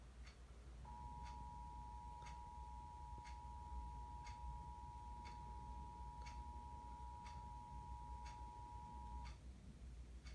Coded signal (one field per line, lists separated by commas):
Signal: Emergency Alert System (SAME) tones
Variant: 853 and 960 Hz attention tone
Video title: Unexpected EAS Required Monthly Test 11/7/2017